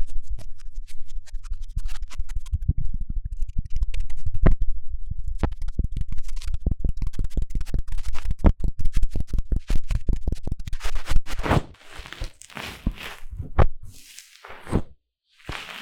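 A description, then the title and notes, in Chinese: Intense deep ear cleaning: rapid, dense scratching and rubbing with deep thumps for about eleven seconds, then sparser scrapes and brief pauses. 強烈的耳朵深層清理 | 耳掃除 | Deep Ear Cleaning | NoTalking。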